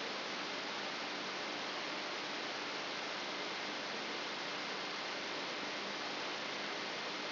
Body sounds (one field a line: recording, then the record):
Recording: brain microelectrode recording played as sound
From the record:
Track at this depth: inside the subthalamic nucleus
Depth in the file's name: 4.102 mm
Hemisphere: left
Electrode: 3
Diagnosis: Parkinson's disease